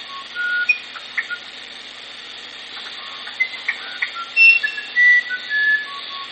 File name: strzyżoń muzykalny